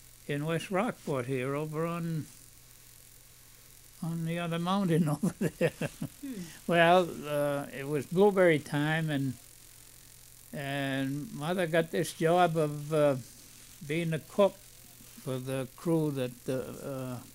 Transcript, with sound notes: in West Rockport here, on the other mountain over (he laughs) Well, it was blueberry time and mother got this job of being the cook for the crew that